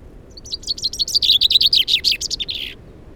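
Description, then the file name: Common chaffinch song in full: bright notes cascading downward for over two seconds and finishing with a lower flourish. "Fringilla coelebs"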